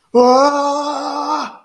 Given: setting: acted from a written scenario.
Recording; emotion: vocal sound without words; distress